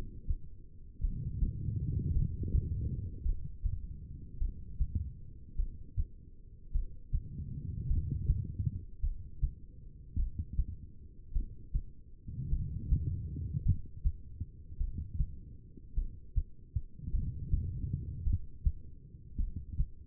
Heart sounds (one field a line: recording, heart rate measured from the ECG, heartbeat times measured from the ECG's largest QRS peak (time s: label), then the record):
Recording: heart sounds by stethoscope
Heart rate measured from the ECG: 52 bpm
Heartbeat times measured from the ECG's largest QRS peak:
1.00 s: heartbeat
2.12 s: heartbeat
3.22 s: heartbeat
4.38 s: heartbeat
5.56 s: heartbeat
6.71 s: heartbeat
7.87 s: heartbeat
9.00 s: heartbeat
10.16 s: heartbeat
11.32 s: heartbeat
12.49 s: heartbeat
13.62 s: heartbeat
14.77 s: heartbeat
15.94 s: heartbeat
17.10 s: heartbeat
18.23 s: heartbeat
19.37 s: heartbeat
From the record:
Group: heart failure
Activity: rest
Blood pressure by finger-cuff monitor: 87/62 mmHg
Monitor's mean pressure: 70 mmHg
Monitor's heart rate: 52 bpm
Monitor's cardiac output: 2.4 L/min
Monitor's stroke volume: 46 mL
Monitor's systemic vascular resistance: 2040 dyn s/cm5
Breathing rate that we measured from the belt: 12 breaths a minute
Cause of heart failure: non-ischemic cardiomyopathy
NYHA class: 1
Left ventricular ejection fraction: 52%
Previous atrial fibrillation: present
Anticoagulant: apixaban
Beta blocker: bisoprolol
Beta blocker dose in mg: 10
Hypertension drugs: sacubitril-valsartan, spironolactone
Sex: female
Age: 68 years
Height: 169 cm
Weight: 71 kg